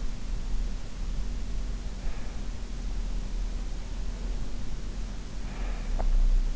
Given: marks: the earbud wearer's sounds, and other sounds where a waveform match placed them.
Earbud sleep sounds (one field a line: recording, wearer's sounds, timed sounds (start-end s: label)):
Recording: sounds in sleep by an in-ear microphone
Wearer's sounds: breath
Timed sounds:
5.40-6.08 s: breath